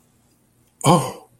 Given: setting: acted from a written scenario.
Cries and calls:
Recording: vocal sound without words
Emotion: romantic love

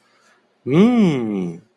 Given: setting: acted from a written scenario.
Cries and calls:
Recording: vocal sound without words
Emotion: interest

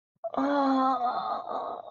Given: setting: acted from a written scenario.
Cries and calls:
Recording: vocal sound without words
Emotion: pain

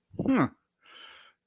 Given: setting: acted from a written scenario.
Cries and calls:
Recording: vocal sound without words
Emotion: pride

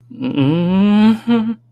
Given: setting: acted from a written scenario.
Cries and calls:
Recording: vocal sound without words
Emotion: fear

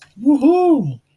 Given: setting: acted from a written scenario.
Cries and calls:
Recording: vocal sound without words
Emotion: elation

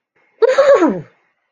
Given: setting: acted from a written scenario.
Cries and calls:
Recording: vocal sound without words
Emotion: ecstasy

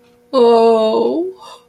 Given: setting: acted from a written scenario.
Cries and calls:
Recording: vocal sound without words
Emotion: shame

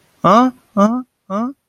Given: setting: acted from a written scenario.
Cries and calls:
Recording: vocal sound without words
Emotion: interest

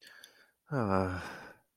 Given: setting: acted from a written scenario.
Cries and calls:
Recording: vocal sound without words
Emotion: shame

